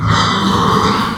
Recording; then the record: squeal of a Yucatan mini pig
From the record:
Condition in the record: after surgery on the right vocal fold (resection and tissue-engineered implant); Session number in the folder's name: 16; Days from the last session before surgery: 183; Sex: female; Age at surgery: 19 weeks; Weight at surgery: 25 kg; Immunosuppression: prednisolone